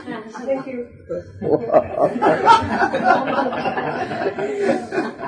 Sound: laughter